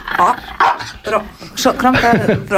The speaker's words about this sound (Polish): Kromka jednak szczeka. Kromka z roku na rok staje się coraz bardziej taka... oswojona ze sceną.